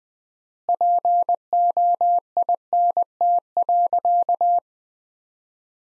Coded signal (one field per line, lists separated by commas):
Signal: Morse code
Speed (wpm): 21 wpm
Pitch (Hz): 700 Hz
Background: none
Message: POINT.